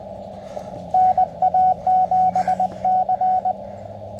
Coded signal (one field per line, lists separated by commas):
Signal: Morse code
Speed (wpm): 20 wpm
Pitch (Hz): 740 Hz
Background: radio noise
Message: NA7C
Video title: CW POTA Activation w/ G90 and Random Wire